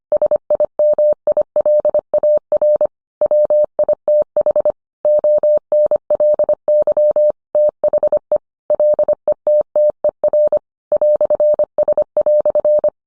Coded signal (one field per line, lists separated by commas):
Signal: Morse code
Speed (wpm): 25 wpm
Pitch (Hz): 600 Hz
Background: none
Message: SIMILAR WITH ONLY THE LETTER "S"